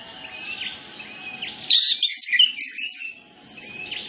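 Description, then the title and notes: Orange-headed Thrush song: one brief, loud flurry of high, twisting whistles and twitters rising out of a steady hissing background. Full isian training song (masteran) used as a lure so that birds start singing openly (ngeplong). "Masteran Anis Kembang Full Isian Untuk Suara Pancingan Anis Kembang Agar Cepat Ngeplong. Suara Burung Anis Kembang"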